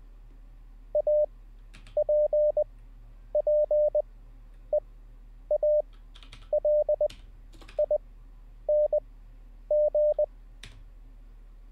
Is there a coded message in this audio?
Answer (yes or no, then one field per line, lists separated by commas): yes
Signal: Morse code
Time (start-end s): 0.9-10.2 s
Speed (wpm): 20 wpm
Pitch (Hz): 600 Hz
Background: none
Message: APPEALING